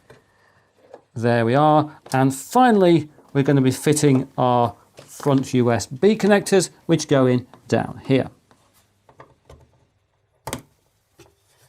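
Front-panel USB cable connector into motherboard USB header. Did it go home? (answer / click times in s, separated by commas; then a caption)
yes / 10.5 s. Someone talks while the case's front-panel USB cable connectors are pushed onto the motherboard's USB header down low on the board. A few faint handling taps follow, then a sharp click at 10.5 s as the connectors seat.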